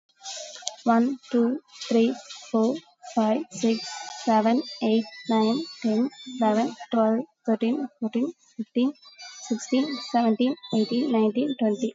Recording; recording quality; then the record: counting at a normal pace; excellent, no background noise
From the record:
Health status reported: COVID-19 positive, moderate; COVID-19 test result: positive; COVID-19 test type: RT-PCR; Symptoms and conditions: cough, cold, sore throat, fever, muscle pain, loss of smell and taste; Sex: female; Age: 21 years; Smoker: no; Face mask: worn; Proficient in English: yes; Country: India